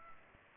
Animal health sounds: mosquito wingbeat signal from an infrared sensor; Culex pipiens

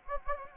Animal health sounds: mosquito wingbeat signal from an infrared sensor; Anopheles gambiae

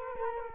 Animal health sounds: mosquito wingbeat signal from an infrared sensor; Culex quinquefasciatus

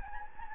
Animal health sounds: mosquito wingbeat signal from an infrared sensor; Anopheles gambiae

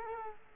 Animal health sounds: mosquito wingbeat signal from an infrared sensor; Culex quinquefasciatus

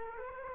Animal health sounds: mosquito wingbeat signal from an infrared sensor; Culex quinquefasciatus

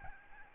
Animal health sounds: mosquito wingbeat signal from an infrared sensor; Aedes albopictus

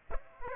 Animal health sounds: mosquito wingbeat signal from an infrared sensor; Aedes aegypti

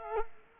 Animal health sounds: mosquito wingbeat signal from an infrared sensor; Culex quinquefasciatus

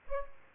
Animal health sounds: mosquito wingbeat signal from an infrared sensor; Aedes aegypti

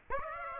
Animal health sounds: mosquito wingbeat signal from an infrared sensor; Aedes aegypti

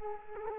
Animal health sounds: mosquito wingbeat signal from an infrared sensor; Culex quinquefasciatus

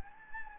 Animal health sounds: mosquito wingbeat signal from an infrared sensor; Anopheles gambiae

